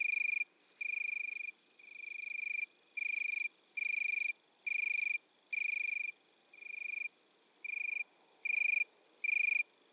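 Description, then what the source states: Italian tree cricket song: a series of short, purring trills in an uneven rhythm, some briefer than others, over constant high-pitched insect pulsing. Recorded at midnight at Le Puech, Cantal.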